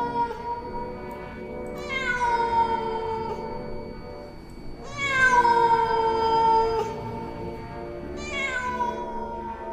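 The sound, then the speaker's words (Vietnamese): A cat yowls pitifully in three long, drawn-out wails, each rising sharply then sagging in pitch, with short gaps between them. The cries are loud and mournful, with no talking. “Nó kêu lên những tiếng nghe thảm thương lắm.”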